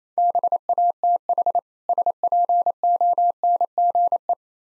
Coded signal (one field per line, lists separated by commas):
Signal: Morse code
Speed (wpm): 28 wpm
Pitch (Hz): 700 Hz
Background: none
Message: BATH SPONGE